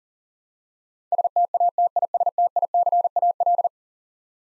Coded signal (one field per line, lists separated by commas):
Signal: Morse code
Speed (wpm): 40 wpm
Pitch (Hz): 700 Hz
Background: none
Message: STATISTICAL